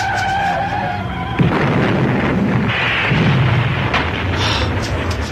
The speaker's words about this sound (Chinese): 架车撞咗埋喺山边，成架爆炸着火添。